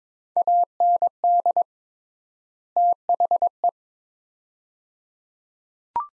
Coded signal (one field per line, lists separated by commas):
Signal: Morse code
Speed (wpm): 22 wpm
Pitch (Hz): 700 Hz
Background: none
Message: AND THE